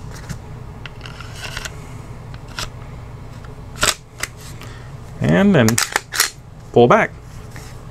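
During reassembly of a Glock G45 MOS pistol, the steel slide is lined up with the rails on the polymer frame and handled, with light metallic clicks and scrapes around 1.6, 2.6, 3.8–3.9, 4.2 and 6.2 seconds while someone talks. The slide has not yet been pulled back and let go to run forward onto the frame, so nothing has seated or clicked into place yet.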